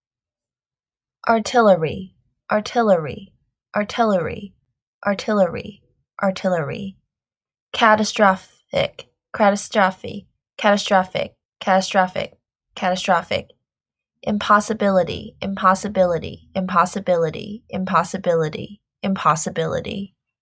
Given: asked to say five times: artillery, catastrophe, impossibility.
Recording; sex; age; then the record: three words, each repeated; female; 20 to 29 years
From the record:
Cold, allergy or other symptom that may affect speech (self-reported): no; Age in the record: 24 years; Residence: Connecticut, United States